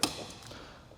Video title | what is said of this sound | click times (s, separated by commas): From Abandoned £780 SCRAPYARD Find To Mega MOT'D Beach BUS! - My 1987 Suzuki SJ410 Gamble Finale | pop into place just like that. | 0.0 s